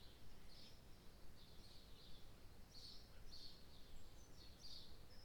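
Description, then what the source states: Birds calling: high, clipped chirps in small clusters, several in the second half, over a continuous low background rumble. Birds in the morning.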